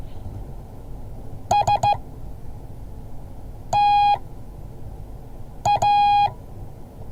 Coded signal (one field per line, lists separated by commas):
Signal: Morse code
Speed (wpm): 14 wpm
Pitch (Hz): 820 Hz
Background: none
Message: S T A